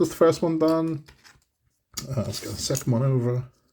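Someone talks while handling the plastic or metal cover piece of a model lifeboat, which is to be pushed onto the lifeboat hull without glue so it snaps into place and holds. A faint, brief tick sounds around 1.4 s during a quiet pause. The clip ends before the cover goes home, and nothing has seated or clicked yet.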